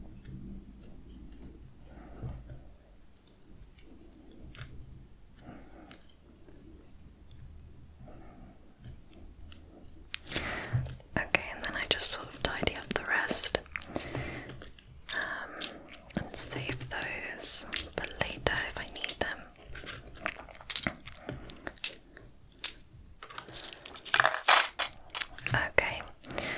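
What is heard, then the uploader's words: Quiet low rustling for ten seconds, then dense clicking taps and scratches with sharp bright crackles continue irregularly to the end. Doing My Lockdown Nails!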